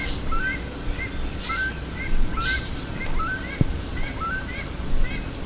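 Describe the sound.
Bird giving brief upward-sweeping call notes in a steady series, with a few hissy bursts and a single click over constant low noise.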